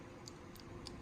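The plastic back panel of a Bandai Soul of Chogokin GX-81 Zamboace transforming robot figure is pressed in after repeated attempts, with sharp clicks at 0.3 s and 0.9 s and a softer tick at about 0.6 s. The back piece clips in and is confirmed seated.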